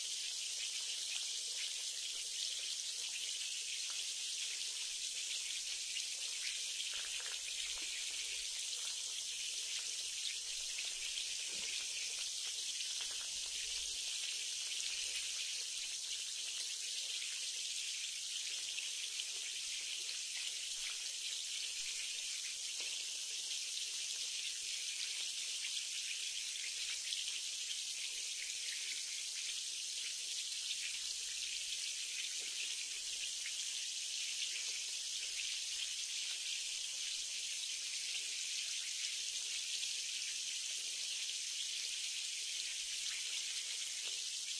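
Sparkling water fizzes steadily for the whole clip, a dense, bright hiss of countless tiny bursting bubbles. The level stays even throughout, with faint soft pops scattered underneath and almost nothing in the low range.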